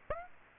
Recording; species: mosquito wingbeat signal from an infrared sensor; Aedes aegypti